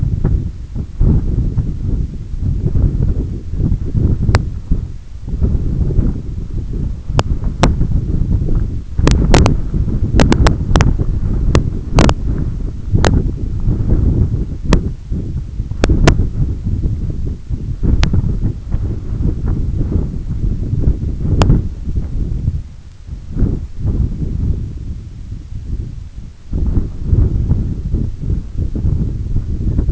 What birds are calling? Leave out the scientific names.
none